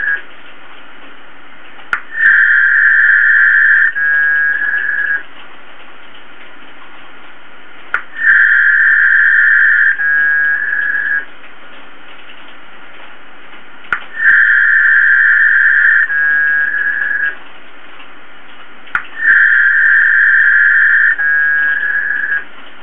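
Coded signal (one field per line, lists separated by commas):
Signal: packet radio (AX.25, as in APRS)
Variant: 300 baud HF packet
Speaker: i'm going to send just random characters and non-words eight or ten words per line and just see how much throughput we can get over a good connection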